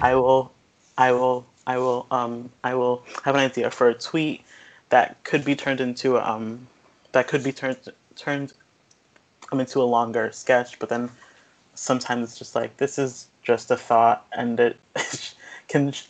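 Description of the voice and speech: Adult woman speaking with a stutter she has had since age 3: repeated words and phrases ("I will" said several times, "could be turned into" repeated) with pauses breaking up her speech.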